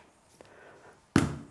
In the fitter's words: then when you hear the click